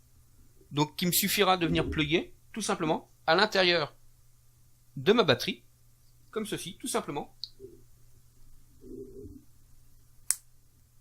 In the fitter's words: on entend le petit bruit et la sai